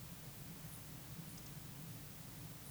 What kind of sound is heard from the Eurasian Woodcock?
whistle